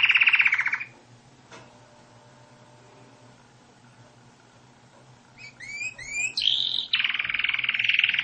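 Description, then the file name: Canary song: a rapid rolling trill, a long quiet gap, then quick rising chirps, a buzzy note and another sustained trill. "Canary Voice"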